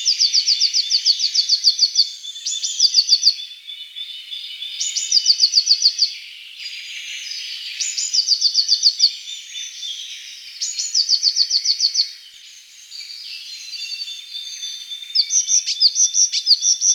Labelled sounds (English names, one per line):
Eurasian Blue Tit song